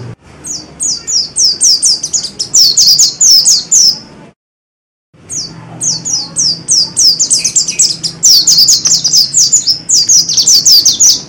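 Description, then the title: Oriental magpie-robin singing rapid series of high, sharp down-slurred notes, repeated several times a second, broken by a sudden brief silence before the string resumes. "Kicau Kacer"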